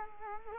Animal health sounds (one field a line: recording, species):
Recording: mosquito wingbeat signal from an infrared sensor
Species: Culex quinquefasciatus